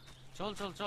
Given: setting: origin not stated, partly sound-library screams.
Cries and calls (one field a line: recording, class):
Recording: one-second piece from a danger detection set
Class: normal situation